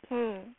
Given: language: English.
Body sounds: throat vibration sensor signal played as sound; speech

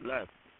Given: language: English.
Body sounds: throat vibration sensor signal played as sound; speech

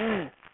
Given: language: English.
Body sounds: throat vibration sensor signal played as sound; throat clearing

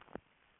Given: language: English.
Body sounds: throat vibration sensor signal played as sound; swallow

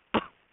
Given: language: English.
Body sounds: throat vibration sensor signal played as sound; cough

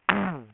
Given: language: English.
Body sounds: throat vibration sensor signal played as sound; throat clearing

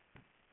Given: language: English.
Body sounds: throat vibration sensor signal played as sound; swallow

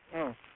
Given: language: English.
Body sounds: throat vibration sensor signal played as sound; speech

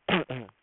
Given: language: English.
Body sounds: throat vibration sensor signal played as sound; throat clearing

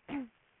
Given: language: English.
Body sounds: throat vibration sensor signal played as sound; throat clearing

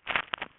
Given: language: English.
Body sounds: throat vibration sensor signal played as sound; swallow

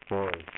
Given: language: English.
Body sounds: throat vibration sensor signal played as sound; speech

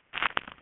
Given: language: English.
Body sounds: throat vibration sensor signal played as sound; swallow

